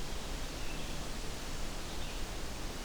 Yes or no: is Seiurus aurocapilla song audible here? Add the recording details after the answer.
no. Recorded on 23 June 2016 at 08:13. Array SBT-6-76